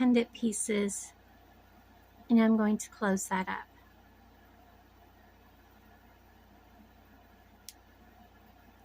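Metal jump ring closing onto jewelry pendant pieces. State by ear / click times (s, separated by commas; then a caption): seated / 7.7 s. While assembling a beaded bell flower necklace, a small metal jump ring joining the pendant pieces is closed. Someone talks for the first few seconds, then after a quiet stretch a single sharp, short metallic click sounds at 7.7 s as the ring's ends snap together, and the ring is closed.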